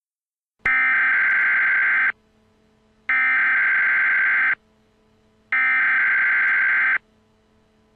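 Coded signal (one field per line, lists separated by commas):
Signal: Emergency Alert System (SAME) tones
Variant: header bursts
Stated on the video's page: Simulated Emergency Alert System dam break warnings for Kentucky, Arkansas and Missouri.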